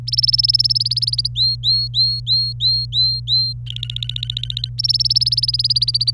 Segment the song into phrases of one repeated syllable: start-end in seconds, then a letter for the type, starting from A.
0.07-1.27 A, 1.36-3.53 B, 3.67-4.69 C, 4.78-6.11 A